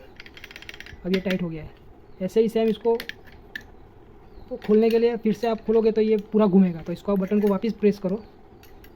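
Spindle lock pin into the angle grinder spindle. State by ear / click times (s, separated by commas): not seated / none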